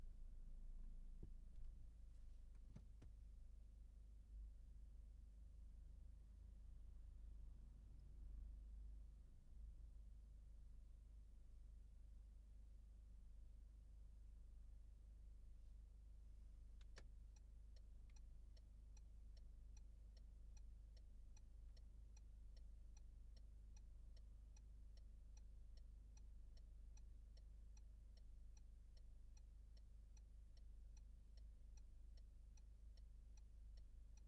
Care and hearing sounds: everyday scene through a hearing-aid microphone; in a vehicle; engine idling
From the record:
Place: Berlingo II, diesel engine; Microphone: behind the ear, left, front

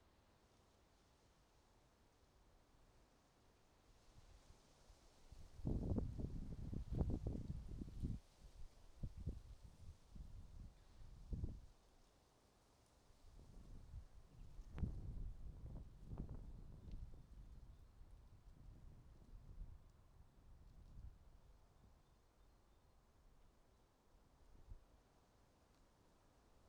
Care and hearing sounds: everyday scene through a hearing-aid microphone; wind on the microphone; wind, traffic, birds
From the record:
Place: suburban garden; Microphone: in the ear canal, right

